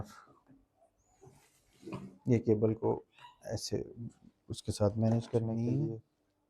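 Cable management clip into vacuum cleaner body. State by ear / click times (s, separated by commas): not seated / none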